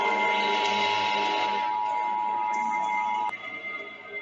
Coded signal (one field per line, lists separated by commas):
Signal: Emergency Alert System (SAME) tones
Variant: 853 and 960 Hz attention tone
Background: music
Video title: EAS Scenario - Unus Annus